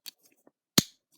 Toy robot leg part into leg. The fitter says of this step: And just repeat the process. Snap that in place.